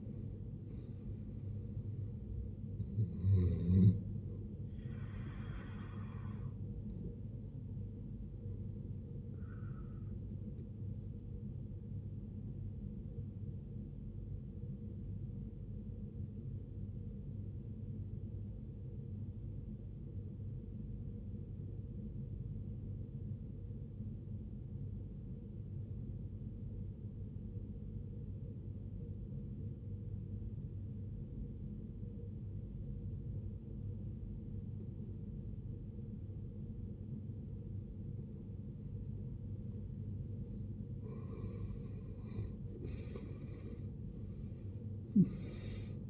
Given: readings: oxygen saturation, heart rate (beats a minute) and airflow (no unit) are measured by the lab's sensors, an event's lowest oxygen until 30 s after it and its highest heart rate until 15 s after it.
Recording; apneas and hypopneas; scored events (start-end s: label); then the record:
breathing in sleep by a smartphone at the bedside; 1
5.00-46.10 s: new sleep stage, N1 (lightest sleep)
20.00-40.30 s: obstructive apnea (N1, oxygen 95% highest, then 74% lowest, heart rate 66 at the start, 87 highest)
From the record:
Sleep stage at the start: N2 (light sleep); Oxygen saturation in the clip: 78 to 95%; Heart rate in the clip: 51 to 76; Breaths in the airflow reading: 6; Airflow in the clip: -16.6 to 17.0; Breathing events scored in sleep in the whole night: 389 in 6.3 hours asleep